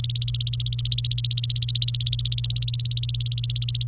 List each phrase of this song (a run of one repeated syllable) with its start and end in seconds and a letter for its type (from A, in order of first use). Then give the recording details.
0.00-3.88 A. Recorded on 28 April 2018 at 08:06. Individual llb3